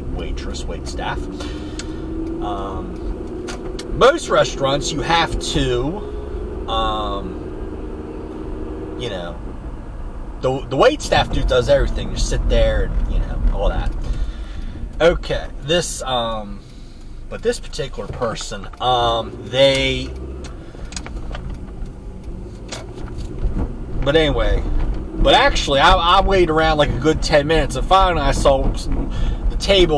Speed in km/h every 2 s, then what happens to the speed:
31, 39, 42, 45, 47, 42, 32, 24, 5, 11, 16, 21, 34, 37, 39.
0-8 speeds up to 47. 8-16 brakes to 5. 17-25 speeds up to 37.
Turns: 18-22.